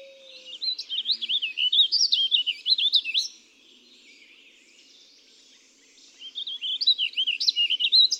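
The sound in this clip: Warbling vireo singing two rambling, undulating warbled phrases, each a quick jumble of rising and falling notes, separated by a few seconds of quiet.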